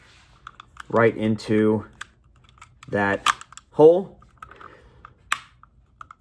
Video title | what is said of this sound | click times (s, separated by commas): Ruger Mark II Dis/Assembly | and it'll click into place and come out the top, and that's how you know that it is in all the way. | 5.3 s